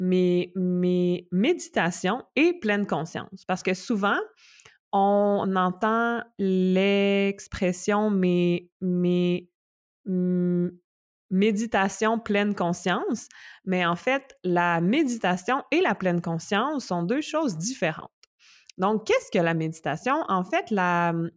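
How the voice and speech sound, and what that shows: An adult woman who has a stutter speaks French at a moderate pitch. She repeats syllables ('mes, mes'), draws out opening sounds and makes a long silent pause before a word, while her speech flows smoothly between these breaks. The pattern fits stuttering, with repetitions, prolongations and blocks.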